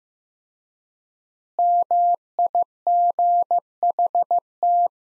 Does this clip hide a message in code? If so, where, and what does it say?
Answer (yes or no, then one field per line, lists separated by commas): yes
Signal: Morse code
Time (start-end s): 1.6-4.9 s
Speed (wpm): 15 wpm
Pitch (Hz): 700 Hz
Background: none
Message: MIGHT